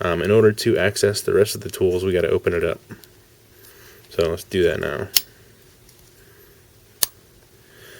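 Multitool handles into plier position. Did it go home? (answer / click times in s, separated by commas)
yes / 7.0 s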